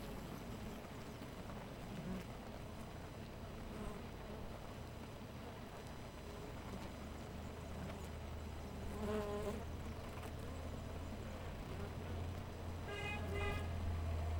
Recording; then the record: honeybee colony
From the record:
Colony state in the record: missing queen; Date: 14 July 2017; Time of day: 4:05